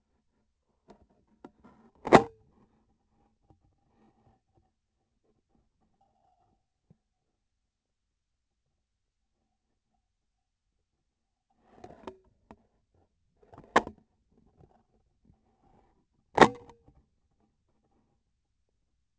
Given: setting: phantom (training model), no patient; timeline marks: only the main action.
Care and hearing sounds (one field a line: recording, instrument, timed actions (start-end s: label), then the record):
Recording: laparoscopic instrument, vibration sensor on the handle end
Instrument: scissors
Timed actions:
1.94-2.37 s: cutting PTFE tape
16.23-16.78 s: cutting PTFE tape
From the record:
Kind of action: gesture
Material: PTFE tape